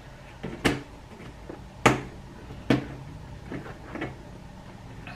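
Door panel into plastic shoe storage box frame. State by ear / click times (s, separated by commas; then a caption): not seated / none. A door panel is handled and fitted onto the frame of a plastic stackable shoe storage box, with sharp plastic knocks at about 0.7, 1.9 and 2.7 seconds and softer taps and rattles in between and toward the end. The door has not clicked into place yet; nothing has seated.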